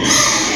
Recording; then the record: squeal of a Yucatan mini pig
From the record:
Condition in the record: before surgery on the right vocal fold (resection and tissue-engineered implant); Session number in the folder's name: 2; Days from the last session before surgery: 0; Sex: male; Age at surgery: 12 weeks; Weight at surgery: 13 kg